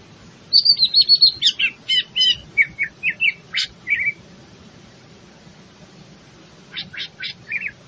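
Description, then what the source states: Greater green leafbird song: a fast trill drops into a series of chipping, whistled notes, a pause, then a few more sharp notes. Bird in full song, described as gacor.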